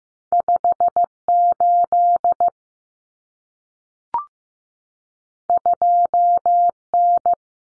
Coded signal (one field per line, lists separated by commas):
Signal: Morse code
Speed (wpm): 15 wpm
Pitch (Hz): 700 Hz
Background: none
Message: 58 2N